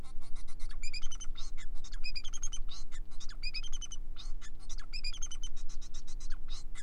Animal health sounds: song of a male Bengalese finch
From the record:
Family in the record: son of father 4

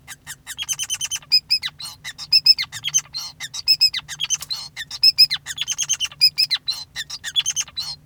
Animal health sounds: song of a male Bengalese finch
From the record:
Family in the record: son of father 5

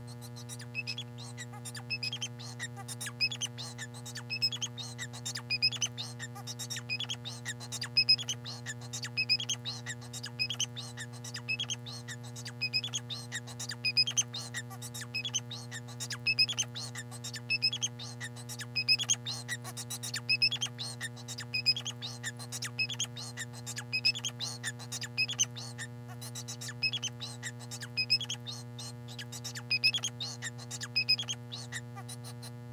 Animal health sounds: song of a male Bengalese finch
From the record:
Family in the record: son of father 4

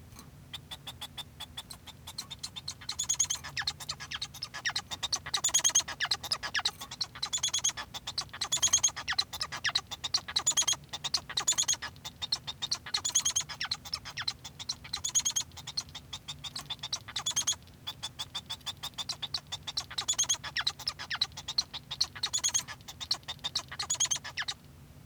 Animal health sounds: song of a male Bengalese finch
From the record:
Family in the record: son of father 1

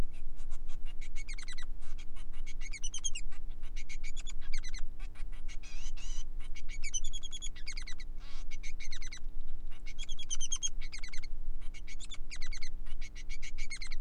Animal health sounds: song of a male Bengalese finch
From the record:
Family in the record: son of father 3

